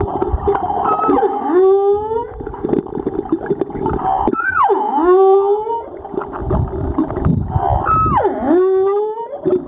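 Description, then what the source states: Humpback whale song: three repeated phrases, each a high wavering note sliding down into a rising moan, roughly every three to four seconds, over a noisy underwater background. Recorded 17 April 2022.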